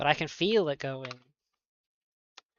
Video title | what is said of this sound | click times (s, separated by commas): Nintendo Switch stuff n things | You can feel that that satisfying click. | 2.4 s